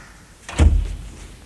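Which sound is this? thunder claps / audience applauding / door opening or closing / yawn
door opening or closing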